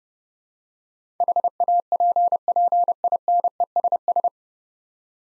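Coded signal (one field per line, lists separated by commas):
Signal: Morse code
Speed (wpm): 32 wpm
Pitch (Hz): 700 Hz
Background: none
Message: HAPPINESS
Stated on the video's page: Morse head-copy drill of 9-letter words at 30 wpm; first three letters spoken, then word sent, spoken, and sent again.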